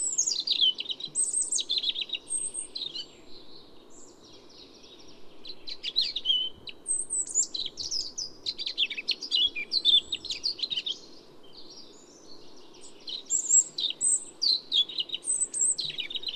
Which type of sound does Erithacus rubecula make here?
song